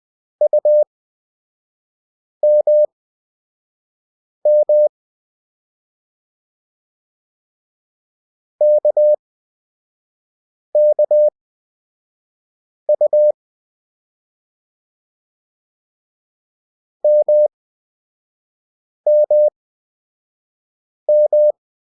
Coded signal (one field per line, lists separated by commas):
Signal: Morse code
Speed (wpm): 20 wpm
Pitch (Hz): 600 Hz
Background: none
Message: UMM KKU MMM